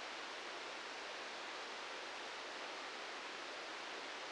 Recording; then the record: brain microelectrode recording played as sound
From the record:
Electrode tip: inside the subthalamic nucleus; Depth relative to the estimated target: 1 mm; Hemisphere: right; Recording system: NeuroSet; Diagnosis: Parkinson's disease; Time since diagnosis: 19 years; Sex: female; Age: 69 years